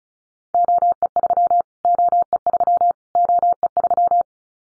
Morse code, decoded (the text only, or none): OE3 OE3 OE3